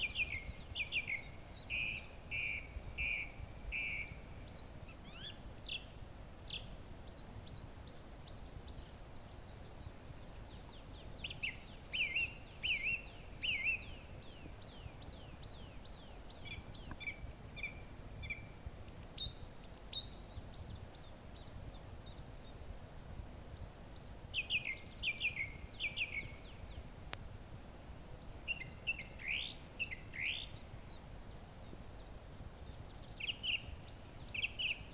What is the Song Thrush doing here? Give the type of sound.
song